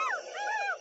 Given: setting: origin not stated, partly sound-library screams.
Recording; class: one-second piece from a danger detection set; woman in danger